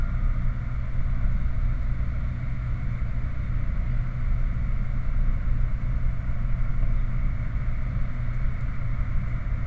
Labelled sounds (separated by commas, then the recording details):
machinery
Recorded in the Prudhoe Bay oil fields, Alaska, on 30 July 2019 at 22:30
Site 29